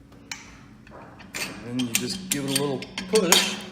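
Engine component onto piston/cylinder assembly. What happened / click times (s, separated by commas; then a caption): Part handled and pushed toward place; nothing audibly seats yet / none. During a Porsche 964 3.6L to 3.8L high-compression engine build, an engine component is given a little push by hand onto the piston and cylinder assembly. A sharp tick and a few light metallic clinks are heard while someone talks. Nothing has seated or clicked yet.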